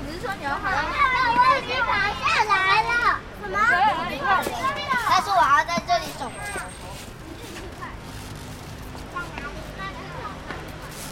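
Lively children's voices fill a park, chattering and calling out in high, rising and falling tones through the first seven seconds. After that the voices drop away, leaving softer talk and a steady outdoor hum with faint traffic.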